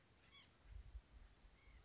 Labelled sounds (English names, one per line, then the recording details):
White-breasted Nuthatch
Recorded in Sonoma County, California